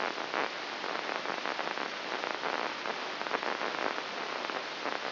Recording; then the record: brain microelectrode recording played as sound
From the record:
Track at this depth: inside the subthalamic nucleus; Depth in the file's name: 3.402 mm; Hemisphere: right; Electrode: 2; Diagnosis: Parkinson's disease